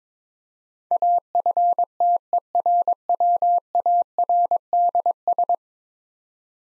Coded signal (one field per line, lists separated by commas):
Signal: Morse code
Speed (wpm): 22 wpm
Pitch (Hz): 700 Hz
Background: none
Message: AFTERWARDS